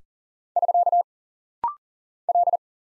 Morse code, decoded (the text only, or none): <SK> L